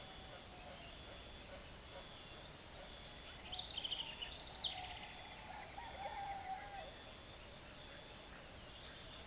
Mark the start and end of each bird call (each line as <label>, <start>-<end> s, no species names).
bird call, 3.39-6.94 s
bird call, 8.59-9.27 s